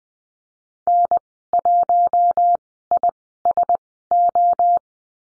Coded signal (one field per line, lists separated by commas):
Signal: Morse code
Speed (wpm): 19 wpm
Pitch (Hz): 700 Hz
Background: none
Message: N1ISO